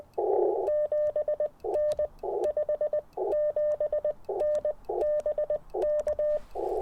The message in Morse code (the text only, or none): 7N 57N BK